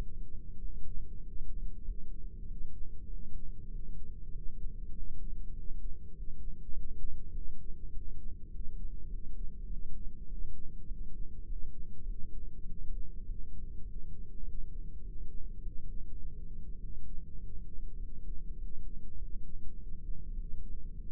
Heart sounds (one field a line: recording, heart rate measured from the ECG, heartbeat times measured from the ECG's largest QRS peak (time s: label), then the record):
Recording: heart sounds by microphone in the right ear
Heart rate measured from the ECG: 100 bpm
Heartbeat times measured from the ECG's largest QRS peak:
0.57 s: heartbeat
1.19 s: heartbeat
1.81 s: heartbeat
2.43 s: heartbeat
3.05 s: heartbeat
3.67 s: heartbeat
4.28 s: heartbeat
4.89 s: heartbeat
5.50 s: heartbeat
6.10 s: heartbeat
6.69 s: heartbeat
7.29 s: heartbeat
7.88 s: heartbeat
8.47 s: heartbeat
9.06 s: heartbeat
9.65 s: heartbeat
10.24 s: heartbeat
10.83 s: heartbeat
11.43 s: heartbeat
12.02 s: heartbeat
12.62 s: heartbeat
13.22 s: heartbeat
13.81 s: heartbeat
14.40 s: heartbeat
14.99 s: heartbeat
15.58 s: heartbeat
16.17 s: heartbeat
16.76 s: heartbeat
17.36 s: heartbeat
17.95 s: heartbeat
18.54 s: heartbeat
19.14 s: heartbeat
19.73 s: heartbeat
20.32 s: heartbeat
20.91 s: heartbeat
From the record:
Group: heart failure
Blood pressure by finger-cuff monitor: 66/50 mmHg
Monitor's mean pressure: 55 mmHg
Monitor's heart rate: 100 bpm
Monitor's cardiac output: 6.7 L/min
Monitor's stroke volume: 68 mL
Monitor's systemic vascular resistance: 550 dyn s/cm5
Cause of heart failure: ischemic heart disease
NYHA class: 1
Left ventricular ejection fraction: 38%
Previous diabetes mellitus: present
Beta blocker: bisoprolol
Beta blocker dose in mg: 15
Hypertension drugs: sacubitril-valsartan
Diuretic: furosemide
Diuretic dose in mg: 20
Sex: male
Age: 33 years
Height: 172 cm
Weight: 78.5 kg